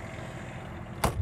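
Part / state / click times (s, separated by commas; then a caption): refrigerator door latch into its catch on the fridge / seated / 1.0 s. In a 2023 Renegade Verona LE 40LTS RV, the residential refrigerator door is closed and its small latch locks into its catch on the fridge. A low background hum runs throughout, then a single sharp click at 1.0 s marks the latch seating. A softer thud follows near the end.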